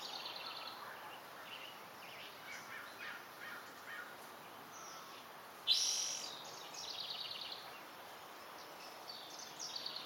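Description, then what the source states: Bird chirps: rapid high buzzy trills and chirps, with one loud burst midway, against a steady hiss. Dense natural setting.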